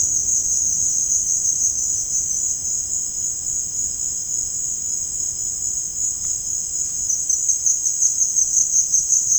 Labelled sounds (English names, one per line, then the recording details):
none
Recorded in dense forest near Puerto Asís, Putumayo, Colombia, on 27 June 2025 at 16:00
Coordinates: 0.481, -76.323
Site G072